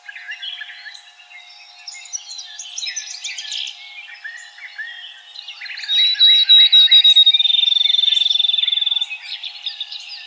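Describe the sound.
Field sparrow song: a high whistle running into a quick trill of evenly repeated notes, over chattering and twittering from other birds.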